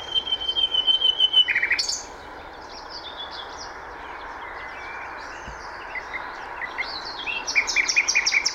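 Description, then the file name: Common nightingale delivering a rapid series of high repeated notes, a buzzy note, a quieter stretch of soft song, then a final quick series of repeated notes. "Luscinia megarhynchos"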